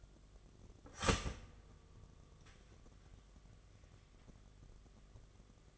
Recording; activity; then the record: daily activity, microphone in the room; start toaster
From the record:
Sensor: 4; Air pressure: 1005.0 hPa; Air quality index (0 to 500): 186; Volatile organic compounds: 5 ppm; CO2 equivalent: 1830 ppm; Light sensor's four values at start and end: 18/62/23/21 and 18/62/23/22